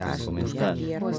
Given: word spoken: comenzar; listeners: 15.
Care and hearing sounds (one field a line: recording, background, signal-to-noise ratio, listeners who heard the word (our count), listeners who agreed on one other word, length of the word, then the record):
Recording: one Spanish word in noise, from a listening test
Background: four-talker babble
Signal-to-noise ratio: -2.1 dB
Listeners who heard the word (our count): 1 of 15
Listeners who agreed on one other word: 9 of 15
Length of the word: 0.79 s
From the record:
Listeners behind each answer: 9, 2, 1, 1, 1, 1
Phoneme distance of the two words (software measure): 54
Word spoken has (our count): 3 syllables, 8 phonemes, stress on syllable 3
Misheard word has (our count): 2 syllables, 6 phonemes, stress on syllable 2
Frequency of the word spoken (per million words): 34.36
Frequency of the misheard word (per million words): 92.75